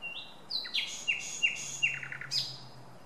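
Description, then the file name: Common nightingale song: a varied phrase of high whistles and sharp downward-sweeping notes, several repeated, ending in a bright high note. "Luscinia megarhynchos"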